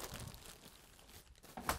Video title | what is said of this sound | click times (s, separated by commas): 2018 Wildwood 233 RBXL | and it locks into place. | 1.7 s